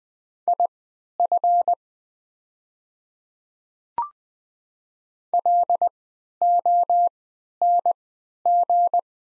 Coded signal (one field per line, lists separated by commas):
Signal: Morse code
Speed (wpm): 20 wpm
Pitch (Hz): 700 Hz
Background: none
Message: IF LONG